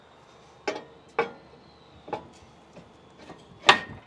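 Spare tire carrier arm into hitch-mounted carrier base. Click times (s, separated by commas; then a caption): 3.7 s. The steel passenger-side arm, about 21 lb, of a modular hitch-mounted spare tire carrier is slid over its mount on the carrier base, giving sharp knocks at about 0.7, 1.2 and 2.1 seconds. A loudest, sharp metallic hit at 3.7 seconds is the arm locking into place, and it is seated.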